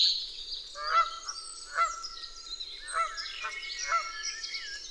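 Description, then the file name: Canada goose honking, a few spaced calls about once a second over a steady background of goose chatter. Canada geese at Dwingelderveld. "Canadese ganzen op Dwingelder Veld - Sound Cloud - luc de bruijn"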